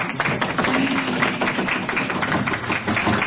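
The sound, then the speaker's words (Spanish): Steady applause from an audience for the workshop La Bola, a dense wash of many hands clapping at once that holds an even, fairly loud level throughout with no voices over it. “Bien, amigas y amigos, queremos agradecer y pido un caluroso aplauso para el taller La Bola.”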